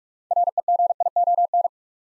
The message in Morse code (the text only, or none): REGION